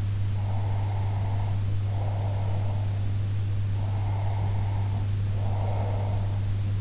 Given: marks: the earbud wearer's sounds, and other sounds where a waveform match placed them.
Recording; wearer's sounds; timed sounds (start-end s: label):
sounds in sleep by an in-ear microphone; breath
0.33-2.96 s: breath
3.70-6.50 s: breath